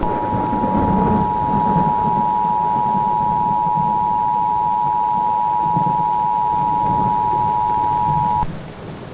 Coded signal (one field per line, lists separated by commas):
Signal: Emergency Alert System (SAME) tones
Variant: 853 and 960 Hz attention tone